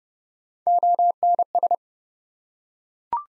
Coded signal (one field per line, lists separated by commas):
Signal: Morse code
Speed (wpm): 30 wpm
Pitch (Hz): 700 Hz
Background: none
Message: ONS